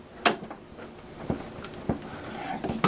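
Refillable ink cartridges from a continuous ink supply system are pushed into the cartridge carriage of an Epson WorkForce WF-7510 printer. Two sharp hits stand out at 0.3 s and 2.8 s, with softer knocks and rattles between them, and it is unclear which of the two is the seating click. The cartridges all snap home together and are seated.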